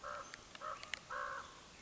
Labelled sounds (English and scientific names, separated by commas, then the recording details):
Common Raven (Corvus corax)
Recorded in Sonoma County, California